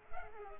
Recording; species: mosquito wingbeat signal from an infrared sensor; Culex pipiens